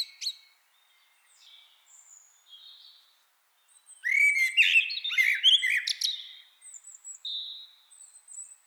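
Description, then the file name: Eurasian blackbird song: faint, scattered thin notes at first, then a loud fluty phrase with chattering high twitters, followed by softer whistles. "Turdus merula"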